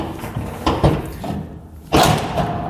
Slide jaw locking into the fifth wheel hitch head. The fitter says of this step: you can pull that slide jaw out lock it in place